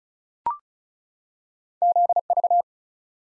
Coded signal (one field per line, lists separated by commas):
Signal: Morse code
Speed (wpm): 36 wpm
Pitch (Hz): 700 Hz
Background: none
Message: ZV